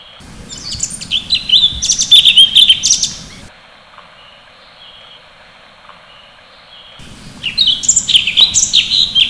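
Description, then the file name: Sooty-headed bulbul song: a rapid, busy run of high chirping and whistled notes, a pause of silence for several seconds, then the chattering phrases resume. "suara kicauan cucak cungkok. omkicau"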